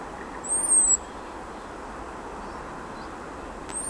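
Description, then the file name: European robin giving a thin, very high, slightly arched whistle lasting about half a second, with the start of another at the end, over a steady low rumbling background. "Erithacus rubecula"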